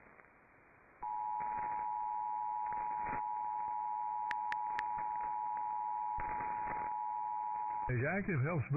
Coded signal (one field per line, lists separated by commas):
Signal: Emergency Alert System (SAME) tones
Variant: 853 and 960 Hz attention tone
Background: speech